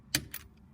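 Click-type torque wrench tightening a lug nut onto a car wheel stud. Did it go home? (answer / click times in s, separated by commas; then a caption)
yes / 0.1 s. A preset click-type torque wrench with a 19 mm socket tightens a wheel lug nut onto a car wheel stud. It gives a sharp, short metallic click at 0.1 s, reaching its set torque, followed by a fainter click around 0.4 s.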